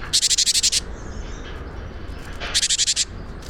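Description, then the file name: Great tit calling twice, each a quick, dry rattle of several clicking pulses, separated by a gap of well over a second. "Parus major"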